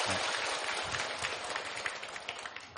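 A crowd at a Buddhist retreat claps steadily for a few seconds to honor a senior monk, a dense, even patter of many hands with a bright crackling texture that holds at a fairly constant loudness throughout.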